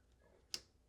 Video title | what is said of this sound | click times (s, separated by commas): How to Fix Electrolux Washer Door closing Issue - Door Strike Replacement 5304505088 - EFLF62701T2 | you hear that click noise, and then after that, | 0.5 s